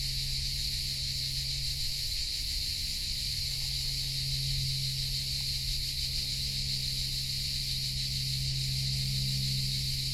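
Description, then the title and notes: Crickets and cicadas keep up a relentless high-pitched buzzing chorus throughout, with a low humming rumble beneath. Hundreds of crickets and cicadas in a pine grove in Collserola, morning, over 30 °C heat, binaural recording. "Grills Collserola. Esta mañana he hecho una parada en una pineda de Collserola a más de 30 grados. Asociamos el calor a los grillos y las cigarras y en esta grabación binaural se escuchan a cientos"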